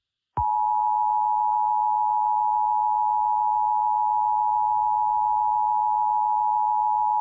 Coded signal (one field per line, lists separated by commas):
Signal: Emergency Alert System (SAME) tones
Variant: 853 and 960 Hz attention tone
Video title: (Part 1) EAS Short Scenario 28 - Zombie Virus Apocalypse